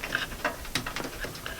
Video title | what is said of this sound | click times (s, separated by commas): Ryzen 2200G Beginners PC Build Guide Part 2 - Storage & Motherboard Case Installation | there we go that clipped in so that's the three and a half inch drive connected know | 0.8 s